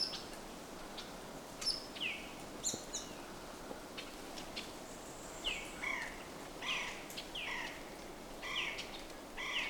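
Bird calls: short downslurred notes repeated irregularly, clustering toward the end, over a constant hissing background.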